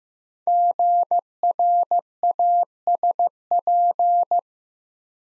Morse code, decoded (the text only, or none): GRASP